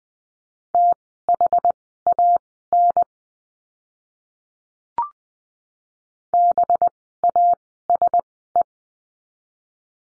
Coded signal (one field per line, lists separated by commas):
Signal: Morse code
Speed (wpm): 20 wpm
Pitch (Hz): 700 Hz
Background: none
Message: THAN BASE